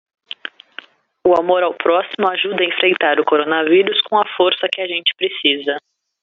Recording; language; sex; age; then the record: spoken sentence; Brazilian Portuguese; female; 20 to 29 years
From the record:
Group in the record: control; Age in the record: 27 years